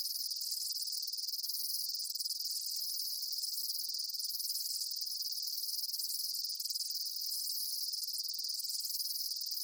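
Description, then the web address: Insects chirping in a steady, high, buzzy chorus, with brief pulsed accents recurring and nothing else audible. Daytime insect ambience, bugs chirping outdoors. "Blastwave INSECTS Amb Day Insects. ambience insects chirps day bugs"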